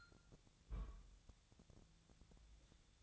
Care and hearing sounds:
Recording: daily activity, microphone in the room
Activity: place on stove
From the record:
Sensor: 3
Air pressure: 999.3 hPa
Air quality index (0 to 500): 196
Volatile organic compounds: 43 ppm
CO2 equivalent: 3194 ppm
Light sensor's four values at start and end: 7/18/7/7 and 8/18/7/7

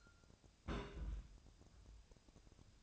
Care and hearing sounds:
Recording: daily activity, microphone in the room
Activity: place on stove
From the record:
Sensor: 2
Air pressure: 999.8 hPa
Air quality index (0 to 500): 123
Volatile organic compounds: 2 ppm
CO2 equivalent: 1056 ppm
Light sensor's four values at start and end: 34/85/37/41 and 34/85/37/41

